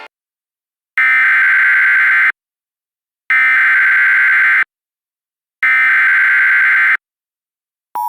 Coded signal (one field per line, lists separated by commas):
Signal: Emergency Alert System (SAME) tones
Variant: header bursts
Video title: EAS Reenactment Mock: JKL issues SVR - 06/21/2021